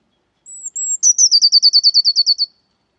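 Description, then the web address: Eurasian blue tit singing a single phrase, with a pair of thin high whistles and then a rapid, rattling trill of around a dozen notes that slowly falls in pitch. "cianscape birddata Deverinetal 2025 File origin Bird Only Cy Ca"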